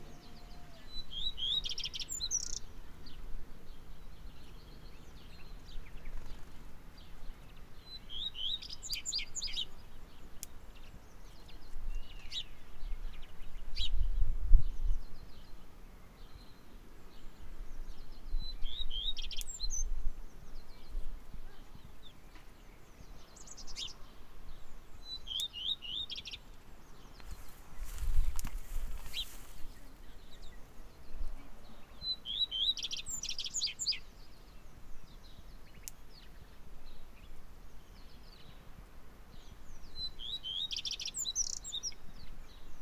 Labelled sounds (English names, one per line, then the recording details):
Common Redstart song
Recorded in the wild
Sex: male
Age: adult
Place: Bernau bei Berlin, Barnim, Brandenburg, DE
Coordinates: 52.6617, 13.6401
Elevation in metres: 89
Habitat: orchard
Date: 2018-04-22 17:21
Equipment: Olympus DM 720
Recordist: Frommolt, Karl-Heinz
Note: Gesang eines Gartenrotschwanzes. Entfernung 6-7 m. Tier gesehen